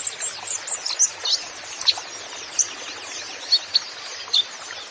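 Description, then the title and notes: Van Hasselt's sunbird singing scattered bright, very high chips and short squeaky twitters, irregularly spaced, over a constant hissing background. Bird in lively ('gacor') full song with 'isian' fill phrases and 'tembakan' shots, used as masteran recording to train songbirds. "MASTERAN KOLIBRI NINJA FULL ISIAN DAN TEMBAKAN. Suara Burung Kolibri Ninja Gacor"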